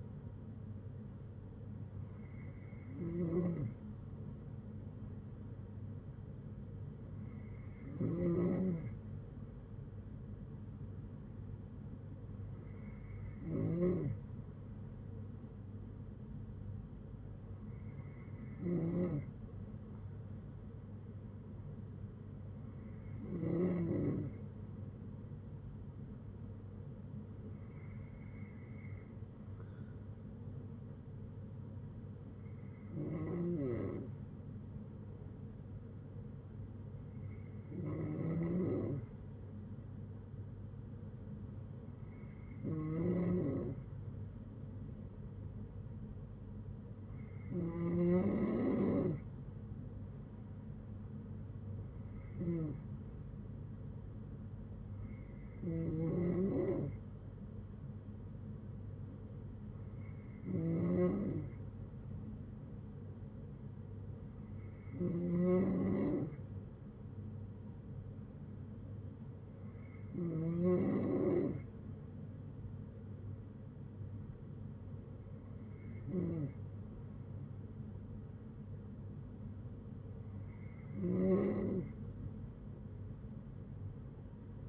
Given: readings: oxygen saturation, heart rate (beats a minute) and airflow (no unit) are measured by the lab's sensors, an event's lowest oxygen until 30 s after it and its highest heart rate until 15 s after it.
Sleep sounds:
breathing in sleep by a smartphone at the bedside; none
none scored
From the record:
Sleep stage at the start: N3 (deep sleep); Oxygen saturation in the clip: 93 to 95%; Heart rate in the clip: 58 to 69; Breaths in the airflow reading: 18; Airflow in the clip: -8.6 to 6.4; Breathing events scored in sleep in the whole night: 182 in 7.4 hours asleep

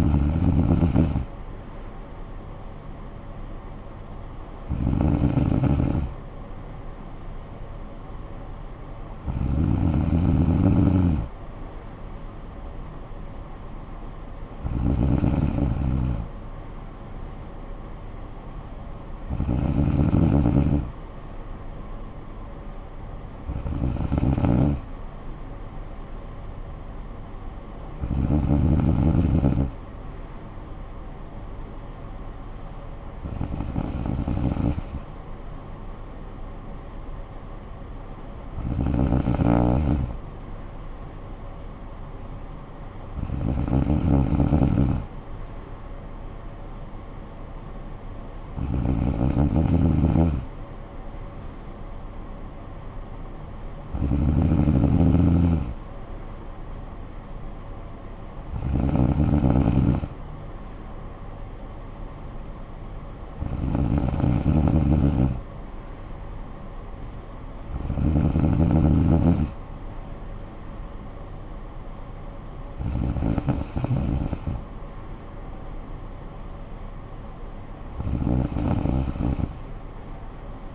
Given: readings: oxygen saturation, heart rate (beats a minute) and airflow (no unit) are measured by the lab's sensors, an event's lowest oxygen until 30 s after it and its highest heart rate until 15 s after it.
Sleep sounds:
breathing in sleep by a smartphone at the bedside; none
none scored
From the record:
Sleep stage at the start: N2 (light sleep); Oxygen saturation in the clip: 94 to 95%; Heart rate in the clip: 52 to 59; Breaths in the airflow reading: 17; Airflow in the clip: -10.8 to 6.9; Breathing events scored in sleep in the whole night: 445 in 7.6 hours asleep

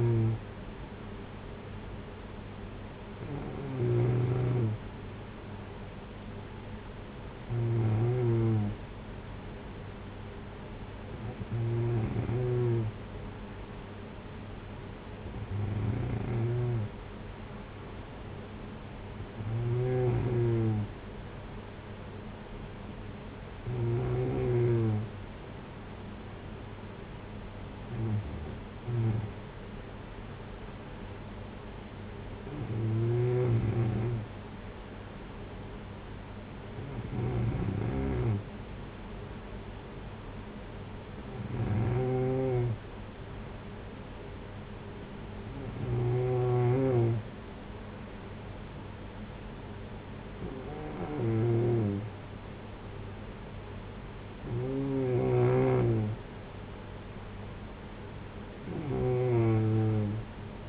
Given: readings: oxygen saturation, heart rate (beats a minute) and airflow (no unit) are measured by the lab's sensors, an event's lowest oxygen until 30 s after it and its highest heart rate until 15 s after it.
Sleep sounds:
breathing in sleep by a voice recorder at the bedside; none
none scored
From the record:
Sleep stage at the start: N2 (light sleep); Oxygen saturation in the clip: 93 to 94%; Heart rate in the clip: 54 to 59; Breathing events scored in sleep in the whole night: 226 in 8.8 hours asleep

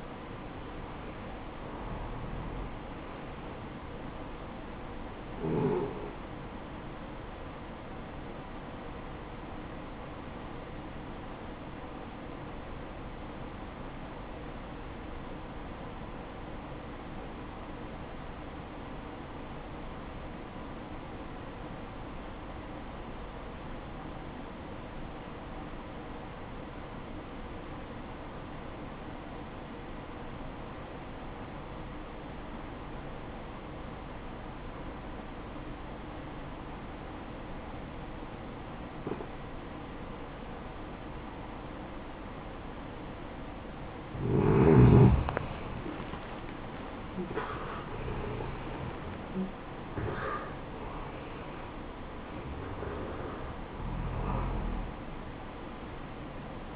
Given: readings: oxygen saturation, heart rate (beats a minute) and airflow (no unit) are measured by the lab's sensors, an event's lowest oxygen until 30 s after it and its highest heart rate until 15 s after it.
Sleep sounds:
breathing in sleep by a voice recorder at the bedside; 1
12.00-45.80 s: obstructive apnea (REM, oxygen 91% highest, then 80% lowest, heart rate 59 at the start, 83 highest)
From the record:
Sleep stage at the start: REM sleep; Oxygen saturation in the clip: 78 to 91%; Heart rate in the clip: 54 to 83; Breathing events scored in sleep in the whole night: 573 in 9.8 hours asleep

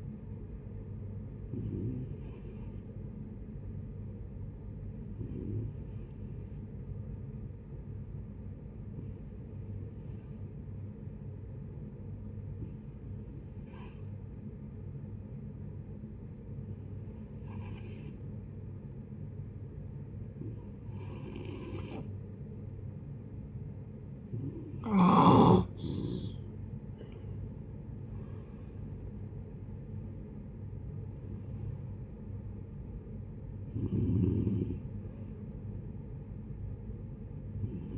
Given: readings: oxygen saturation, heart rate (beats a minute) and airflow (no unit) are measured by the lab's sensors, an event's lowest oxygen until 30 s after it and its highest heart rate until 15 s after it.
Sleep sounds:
breathing in sleep by a smartphone at the bedside; 1
3.00-27.40 s: hypopnea (N2, oxygen 94% highest, then 87% lowest, heart rate 64 at the start, 79 highest)
33.00-37.97 s: new sleep stage, N1 (lightest sleep)
From the record:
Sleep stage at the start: N2 (light sleep); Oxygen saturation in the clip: 87 to 94%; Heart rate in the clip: 59 to 79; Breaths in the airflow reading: 10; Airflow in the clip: -13.8 to 12.4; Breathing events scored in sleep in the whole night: 496 in 5.4 hours asleep

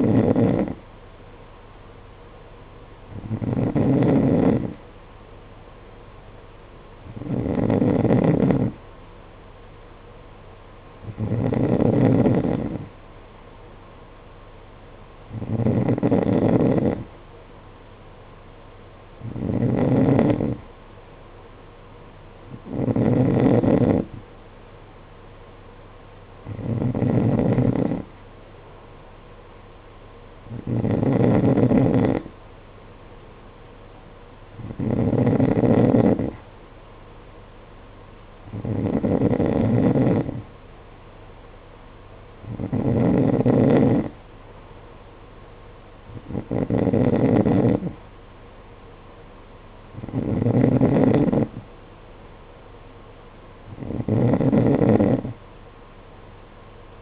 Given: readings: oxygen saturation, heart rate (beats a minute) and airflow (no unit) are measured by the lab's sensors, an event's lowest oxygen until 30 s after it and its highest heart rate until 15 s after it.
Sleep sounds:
breathing in sleep by a voice recorder at the bedside; none
none scored
From the record:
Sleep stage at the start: N2 (light sleep); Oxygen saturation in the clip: 92%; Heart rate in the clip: 52 to 56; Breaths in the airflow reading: 15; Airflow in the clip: -6.8 to 6.1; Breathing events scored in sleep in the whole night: 476 in 9.7 hours asleep

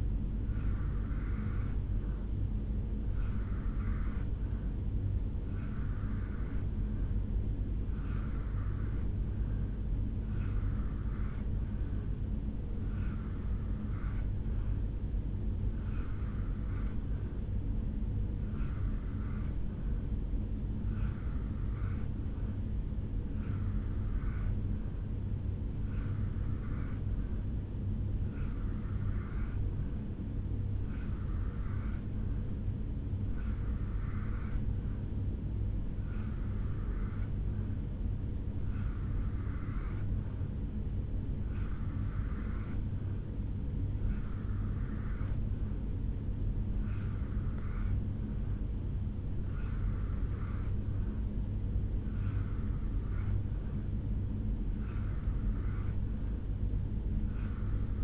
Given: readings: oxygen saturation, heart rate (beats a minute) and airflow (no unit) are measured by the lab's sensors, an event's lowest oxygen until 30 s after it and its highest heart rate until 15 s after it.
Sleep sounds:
breathing in sleep by a smartphone at the bedside; none
none scored
From the record:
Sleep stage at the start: N2 (light sleep); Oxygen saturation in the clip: 85 to 87%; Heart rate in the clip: 67 to 71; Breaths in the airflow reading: 21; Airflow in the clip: -2.3 to 1.0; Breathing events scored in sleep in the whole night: 449 in 7.0 hours asleep

